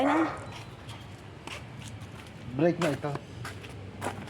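A hand works the wheel brake lever on a wheelchair while someone talks, with a few soft taps and brief sharp sounds around 1.5 s and 3.5 s against a quiet background. The clip ends before the brake lever locks, so nothing has seated or clicked yet.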